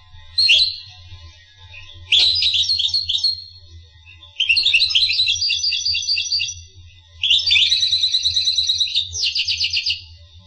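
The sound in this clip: Finch song: four phrases of rapid high twittering trills, each longer than the last, separated by short pauses, with a low hum beneath.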